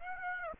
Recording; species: mosquito wingbeat signal from an infrared sensor; Aedes aegypti